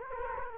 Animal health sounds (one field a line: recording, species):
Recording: mosquito wingbeat signal from an infrared sensor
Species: Culex quinquefasciatus